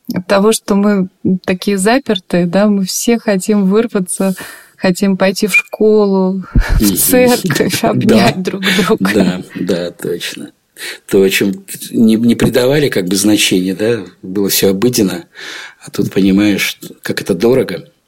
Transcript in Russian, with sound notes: того, что мы такие запертые, да? Мы все хотим вырваться, хотим пойти в школу, в церковь, обнять друг друга... (Смеется.)
— Да, да, точно. То, чему не придавали как бы значения, было все обыденно, а тут понимаешь, как это дорого.